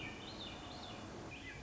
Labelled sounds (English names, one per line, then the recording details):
Swainson's Thrush
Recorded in Sonoma County, California